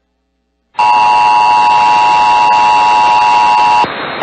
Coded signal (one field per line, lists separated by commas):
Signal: Emergency Alert System (SAME) tones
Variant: 853 and 960 Hz attention tone